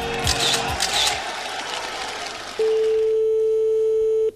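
A steady, loud telephone line tone holds a single mid pitch for nearly two seconds, then cuts off. Before it, a few brief high chirping blips and low thuds sound over a hiss, with no talking.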